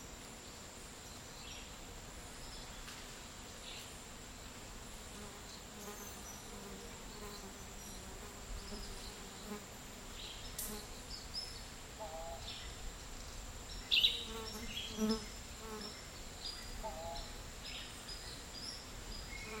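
Midday in a dry tropical forest, filled with a steady, dense insect hum and buzzing like bees or flies. A thin high whine runs throughout, with faint bird calls scattered throughout and a couple of sharper chirps near the fourteen-second mark.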